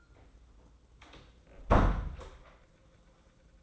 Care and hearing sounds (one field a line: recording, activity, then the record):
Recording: daily activity, microphone in the room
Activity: close door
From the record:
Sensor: 3